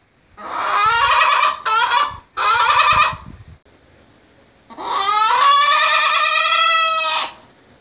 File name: Chicken